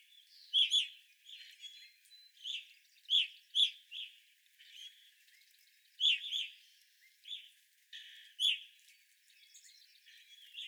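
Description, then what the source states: Evening grosbeak calls, clear ringing chirps in pairs and small clusters, repeated every couple of seconds, faint chatter behind. Evening grosbeaks recorded on 25 April 2021.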